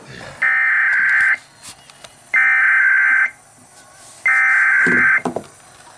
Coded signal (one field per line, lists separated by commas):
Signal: Emergency Alert System (SAME) tones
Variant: header bursts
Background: speech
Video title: EAS 166 RMT FOR ALL OF OHIO